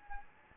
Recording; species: mosquito wingbeat signal from an infrared sensor; Anopheles gambiae